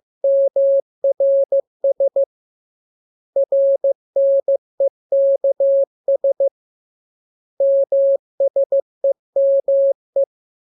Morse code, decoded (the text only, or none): MRS RNEKS MSEME